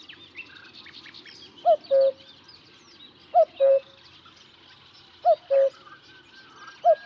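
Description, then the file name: Cuckoo giving three full two-note calls and the start of a fourth, the lower second note held slightly longer, amid quiet chirps from other birds. "minutes of cuckoos"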